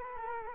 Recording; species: mosquito wingbeat signal from an infrared sensor; Culex quinquefasciatus